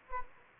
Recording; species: mosquito wingbeat signal from an infrared sensor; Anopheles gambiae